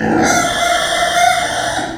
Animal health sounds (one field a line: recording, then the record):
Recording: squeal of a Yucatan mini pig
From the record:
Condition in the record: before surgery on the right vocal fold (resection and tissue-engineered implant)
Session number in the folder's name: 3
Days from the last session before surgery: 0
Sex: female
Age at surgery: 19 weeks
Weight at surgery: 25 kg